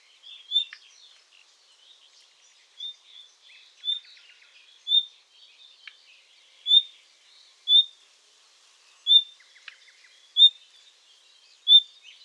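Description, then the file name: Common nightingale calls: high clear whistles repeated roughly every second, with faint rattling notes in between. "Luscinia megarhynchos"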